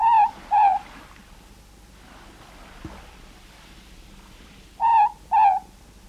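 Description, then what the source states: Morepork calling its two-part hoot twice, with a quiet gap of about four seconds between pairs. New Zealand.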